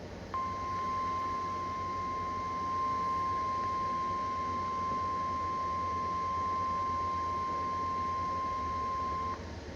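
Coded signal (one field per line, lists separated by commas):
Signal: Emergency Alert System (SAME) tones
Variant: 1050 Hz attention tone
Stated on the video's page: Weekly test received on an Acurite 8550 handheld weather radio and a Midland WR300 desktop weather radio.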